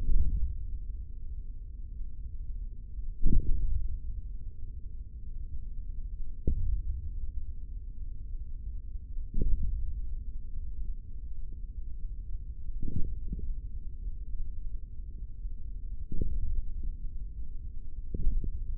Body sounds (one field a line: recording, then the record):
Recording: forearm muscle sounds (acoustic myography)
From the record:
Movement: hand closing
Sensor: system 3, bracelet of six PUI Audio POM-2738L microphones around the upper forearm, with dedicated amplification and filtering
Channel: 3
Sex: male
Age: 25 years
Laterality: right